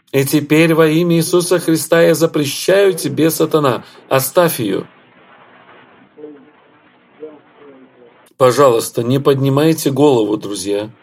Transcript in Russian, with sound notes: И теперь во Имя Иисуса Христа я запрещаю тебе, сатана, оставь ее.
[Брат Бранхам делает паузу—Ред.] Пожалуйста, не поднимайте голову, друзья.